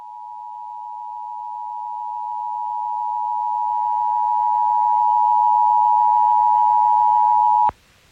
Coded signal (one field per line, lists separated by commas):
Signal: Emergency Alert System (SAME) tones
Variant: 853 and 960 Hz attention tone